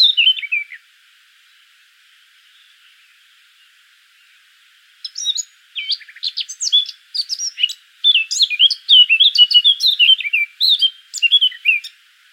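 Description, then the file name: Eurasian blackcap song: a brief whistled phrase, several seconds of quiet, then a long, rapid, scratchy warble building into loud, clear fluting notes. "Sylvia atricapilla"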